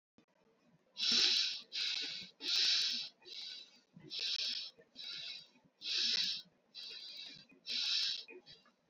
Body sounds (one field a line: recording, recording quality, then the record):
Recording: shallow breathing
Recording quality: excellent, no background noise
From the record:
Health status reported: COVID-19 positive, mild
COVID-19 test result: positive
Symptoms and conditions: fatigue, loss of smell and taste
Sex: male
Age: 35 years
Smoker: not ticked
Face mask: worn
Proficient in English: yes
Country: India